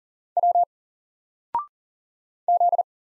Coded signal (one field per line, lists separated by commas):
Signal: Morse code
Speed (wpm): 40 wpm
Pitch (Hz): 700 Hz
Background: none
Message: W Z